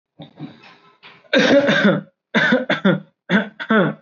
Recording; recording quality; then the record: heavy voluntary cough; excellent, no background noise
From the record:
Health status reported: recovered from COVID-19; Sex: male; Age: 25 years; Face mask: worn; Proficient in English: yes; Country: India